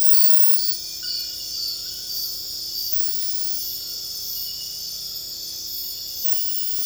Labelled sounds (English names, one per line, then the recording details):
none
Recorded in secondary vegetation near Puerto Asís, Putumayo, Colombia, on 18 February 2024 at 02:00
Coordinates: 0.481, -76.323
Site G6376